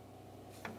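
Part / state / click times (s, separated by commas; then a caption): parking light assembly into front fascia/headlamp opening / not seated / none. The plastic parking light housing of a 2000-2006 Chevy Tahoe is being pressed into position in the front fascia/headlamp opening on the front end. A low, steady hum runs throughout, broken by two brief sharp handling taps near 0.7 s and 0.8 s. Nothing has seated or clicked yet.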